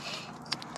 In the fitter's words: should click into place once you get it in just like that